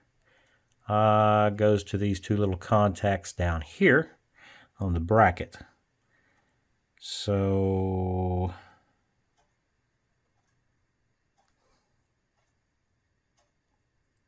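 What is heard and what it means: A small electric motor is being handled and fitted onto the plastic bracket of a Tamiya Electric Handy Drill model hand drill, lining up the two contacts on the motor with the two little contacts on the bracket. Someone talks throughout the clip, followed by near silence. Nothing has seated or clicked yet; the motor has not snapped into the bracket.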